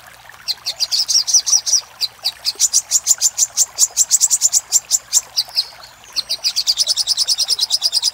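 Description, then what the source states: Little spiderhunter song: long bursts of rapid, high, sharp chipping notes run together in fast series, with a brief pause near six seconds before the chatter resumes. Master recording for training cage birds; Indonesian name sogok ontong, labelled labaik.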